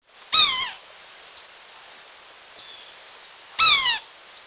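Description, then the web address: Yellow-bellied sapsucker giving two harsh, nasal, cat-like mews, each slightly descending and about half a second long, roughly three seconds apart. "Peterson North American Birds. ybsa"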